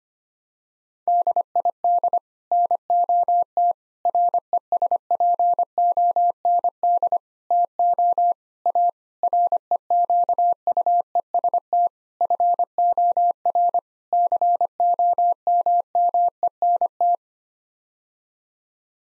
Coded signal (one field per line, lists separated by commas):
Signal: Morse code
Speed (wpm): 25 wpm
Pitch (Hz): 700 Hz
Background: none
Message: DID NOT RESPOND TO A REQUEST FOR COMMENT